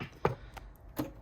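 A plastic drive bay latch inside a Dell Optiplex 990 desktop case is pushed closed after the drive is reinstalled, snapping shut with a sharp click at 0.3 s. Softer handling taps follow, with a duller knock near 1.0 s. The latch is seated.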